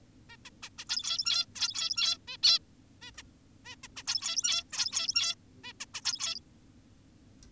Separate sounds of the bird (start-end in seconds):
0.30-0.37, 0.45-0.50, 0.63-0.70, 0.78-0.85, 0.89-1.46, 1.56-2.18, 2.28-2.37, 2.43-2.59, 3.02-3.11, 3.18-3.23, 3.66-3.76, 3.84-3.88, 3.97-4.03, 4.07-4.64, 4.73-5.35, 5.64-5.73, 5.80-5.86, 5.94-6.01, 6.05-6.40